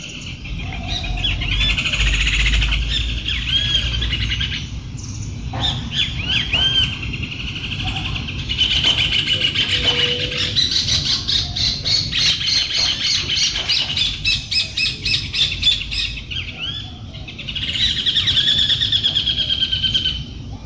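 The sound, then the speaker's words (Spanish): A chorus of morning birds sings continuously after a storm, with high, bright chirps and trills layered over squawky calls and a low background rumble, in dense bursts with a brief lull near the middle. “Continuamos con las voces de la mañana, los pájaros y su alegría después de la tormenta.”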